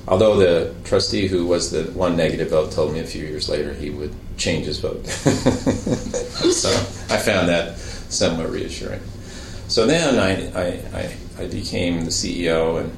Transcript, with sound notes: Although the Trustee who was the one negative vote told me a few years later he would change his vote. [laughs] I found that somewhat reassuring. So then I became the CEO, and